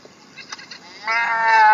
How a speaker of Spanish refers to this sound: ¡Oveja!